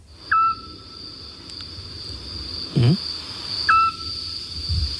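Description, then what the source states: Eurasian scops owl giving a single clear whistled note, repeated a few seconds later, with a steady high hum and low rumbles underneath. Night sound; song described as beautiful, clear, very repetitive and at the same pitch; night animals use the quiet of night to communicate.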